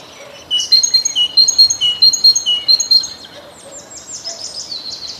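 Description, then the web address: Great tit delivering a quick series of bright two-note phrases, then a softer trill from another bird at the end. "Przyroda Ptaki Bogatka"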